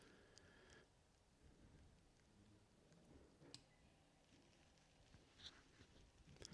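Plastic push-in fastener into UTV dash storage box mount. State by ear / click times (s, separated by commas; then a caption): seated / 0.4 s, 3.5 s, 6.4 s. Plastic push-in fasteners of a Kemimoto tablet holder storage box are pushed with a finger into a UTV dash, snapping into place with sharp clicks at 0.4, 3.5 and 6.5 seconds over faint background noise. The fasteners are seated and the box is secure.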